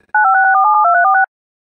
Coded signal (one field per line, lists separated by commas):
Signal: DTMF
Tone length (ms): 100 ms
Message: 956472346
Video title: (⚠️VALID TONES⚠️)WJONIP Comp with TONS of EAS including RWTS and Severe weather alerts